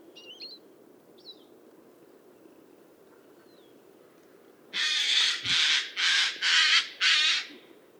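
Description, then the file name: Eurasian jay giving a run of five harsh, rasping screeches in quick succession, each about half a second long, after a few faint thin notes. "Garrulus glandarius"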